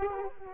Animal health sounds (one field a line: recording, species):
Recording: mosquito wingbeat signal from an infrared sensor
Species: Culex quinquefasciatus